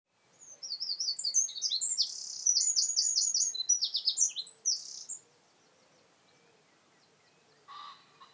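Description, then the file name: Eurasian wren song, a rapid, high, rattling run of trills for about five seconds, followed by quiet and a short separate sound near the end. "Troglodytes troglodytes"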